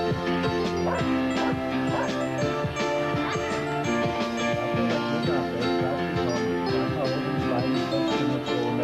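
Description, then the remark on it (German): Several dogs bark and yap over one another in a loud, continuous tangle for the whole stretch, with higher yips and occasional whimpering mixed into the deeper woofs. “Hol die Hunde, Elvira.”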